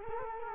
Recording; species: mosquito wingbeat signal from an infrared sensor; Culex quinquefasciatus